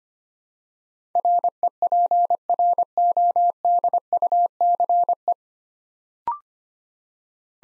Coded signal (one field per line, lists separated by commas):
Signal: Morse code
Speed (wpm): 25 wpm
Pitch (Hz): 700 Hz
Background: none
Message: REPRODUCE